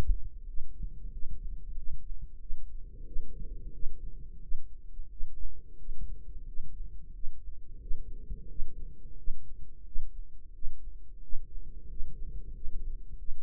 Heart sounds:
heart sounds by microphone in the right ear; 90 bpm
0.45 s: heartbeat
1.10 s: heartbeat
1.74 s: heartbeat
2.38 s: heartbeat
3.04 s: heartbeat
3.71 s: heartbeat
4.40 s: heartbeat
5.08 s: heartbeat
5.76 s: heartbeat
6.44 s: heartbeat
7.12 s: heartbeat
7.79 s: heartbeat
8.47 s: heartbeat
9.15 s: heartbeat
9.83 s: heartbeat
10.52 s: heartbeat
11.20 s: heartbeat
11.87 s: heartbeat
12.52 s: heartbeat
13.16 s: heartbeat
From the record:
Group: healthy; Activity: rest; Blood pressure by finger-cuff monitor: 116/76 mmHg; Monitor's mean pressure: 89 mmHg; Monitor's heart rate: 88 bpm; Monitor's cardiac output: 7.5 L/min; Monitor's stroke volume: 85 mL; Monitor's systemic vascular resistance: 890 dyn s/cm5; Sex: male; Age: 33 years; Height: 179 cm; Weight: 80.4 kg

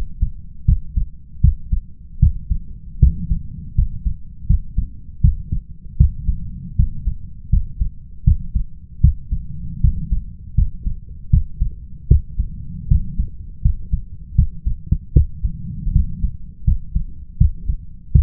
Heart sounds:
heart sounds by stethoscope; 79 bpm
0.65 s: heartbeat
1.40 s: heartbeat
2.19 s: heartbeat
2.99 s: heartbeat
3.74 s: heartbeat
4.46 s: heartbeat
5.20 s: heartbeat
5.96 s: heartbeat
6.75 s: heartbeat
7.49 s: heartbeat
8.23 s: heartbeat
9.00 s: heartbeat
9.80 s: heartbeat
10.54 s: heartbeat
11.29 s: heartbeat
12.07 s: heartbeat
12.87 s: heartbeat
13.61 s: heartbeat
14.35 s: heartbeat
15.12 s: heartbeat
15.92 s: heartbeat
16.64 s: heartbeat
17.37 s: heartbeat
18.11 s: heartbeat
From the record:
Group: healthy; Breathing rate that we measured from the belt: 19 breaths a minute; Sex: male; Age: 21 years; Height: 180 cm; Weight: 67.5 kg

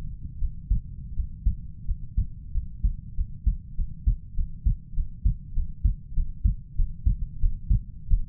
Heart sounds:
heart sounds by stethoscope; 94 bpm
0.37 s: heartbeat
1.12 s: heartbeat
1.84 s: heartbeat
2.50 s: heartbeat
3.13 s: heartbeat
3.73 s: heartbeat
4.32 s: heartbeat
4.92 s: heartbeat
5.52 s: heartbeat
6.12 s: heartbeat
6.74 s: heartbeat
7.38 s: heartbeat
8.06 s: heartbeat
From the record:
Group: healthy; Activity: breath hold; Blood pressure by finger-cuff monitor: 91/68 mmHg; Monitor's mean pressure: 77 mmHg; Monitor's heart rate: 99 bpm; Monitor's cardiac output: 6 L/min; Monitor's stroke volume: 66 mL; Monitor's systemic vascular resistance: 850 dyn s/cm5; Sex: male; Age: 20 years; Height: 187 cm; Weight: 68.9 kg

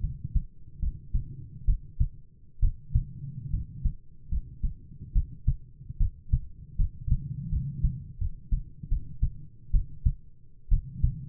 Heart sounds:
heart sounds by stethoscope; 73 bpm
0.79 s: heartbeat
1.64 s: heartbeat
2.59 s: heartbeat
3.50 s: heartbeat
4.28 s: heartbeat
5.12 s: heartbeat
5.97 s: heartbeat
6.76 s: heartbeat
7.49 s: heartbeat
8.18 s: heartbeat
8.88 s: heartbeat
9.71 s: heartbeat
10.68 s: heartbeat
From the record:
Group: healthy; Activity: rest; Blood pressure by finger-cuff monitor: 105/60 mmHg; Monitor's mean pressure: 71 mmHg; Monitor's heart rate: 73 bpm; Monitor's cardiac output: 7.9 L/min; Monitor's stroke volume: 110 mL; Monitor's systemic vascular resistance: 630 dyn s/cm5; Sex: male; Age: 22 years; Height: 185 cm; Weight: 112.4 kg

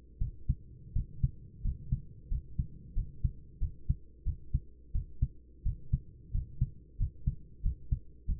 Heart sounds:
heart sounds by stethoscope; 89 bpm
0.19 s: heartbeat
0.94 s: heartbeat
1.63 s: heartbeat
2.29 s: heartbeat
2.94 s: heartbeat
3.60 s: heartbeat
4.24 s: heartbeat
4.93 s: heartbeat
5.64 s: heartbeat
6.32 s: heartbeat
6.98 s: heartbeat
7.62 s: heartbeat
8.26 s: heartbeat
From the record:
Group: healthy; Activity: cold pressor test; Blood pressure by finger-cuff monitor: 127/67 mmHg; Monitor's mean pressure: 83 mmHg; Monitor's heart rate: 88 bpm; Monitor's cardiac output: 9.5 L/min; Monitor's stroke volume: 107 mL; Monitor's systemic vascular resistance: 640 dyn s/cm5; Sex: male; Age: 24 years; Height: 184 cm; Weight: 89 kg

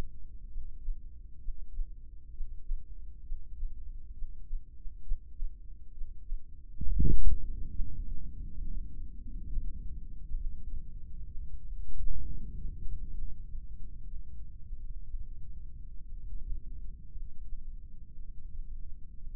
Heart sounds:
heart sounds by microphone in the left ear; 64 bpm
0.47 s: heartbeat
1.38 s: heartbeat
2.30 s: heartbeat
3.22 s: heartbeat
4.12 s: heartbeat
5.01 s: heartbeat
5.91 s: heartbeat
6.81 s: heartbeat
7.69 s: heartbeat
8.57 s: heartbeat
9.45 s: heartbeat
10.34 s: heartbeat
11.26 s: heartbeat
12.19 s: heartbeat
13.12 s: heartbeat
14.04 s: heartbeat
15.06 s: heartbeat
16.09 s: heartbeat
17.11 s: heartbeat
18.12 s: heartbeat
19.15 s: heartbeat
From the record:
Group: heart failure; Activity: breath hold 0-9 s, rest 9-19 s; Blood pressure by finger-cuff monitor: 96/54 mmHg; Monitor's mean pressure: 70 mmHg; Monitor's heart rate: 66 bpm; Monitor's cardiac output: 5.6 L/min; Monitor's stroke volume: 83 mL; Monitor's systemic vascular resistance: 900 dyn s/cm5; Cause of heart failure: ischemic heart disease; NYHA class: 1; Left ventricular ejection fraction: 33%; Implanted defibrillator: present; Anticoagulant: apixaban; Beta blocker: carvedilol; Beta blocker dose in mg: 18.75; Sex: male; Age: 39 years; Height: 168 cm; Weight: 72 kg

